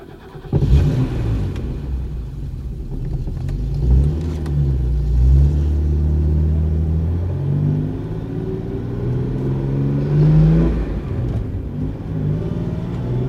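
A car engine revs up and down over a deep steady rumble, its pitch climbing and dipping in several surges before settling into a throaty idle, loud and with no voices.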